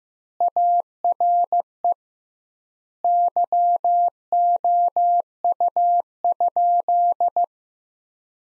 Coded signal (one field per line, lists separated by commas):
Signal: Morse code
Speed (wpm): 15 wpm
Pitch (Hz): 700 Hz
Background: none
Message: ARE YOU?